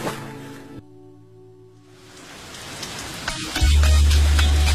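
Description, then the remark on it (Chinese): A short musical tone fades into a steady hiss of rain falling in a city that builds in strength, ending under a sudden loud, low sustained drone. “这个城市下雨下雪，但不下线。”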